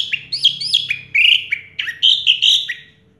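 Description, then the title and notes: Orange-headed thrush song: a quick run of clear, down-slurred and looping whistles, sweet and fluid, fading out at the end. Song in the teler style, described as clear-voiced; part of a complete collection of this species' songs. "Anis Merah Teler Suara Jernih. kumpulan suara anis merah lengkap"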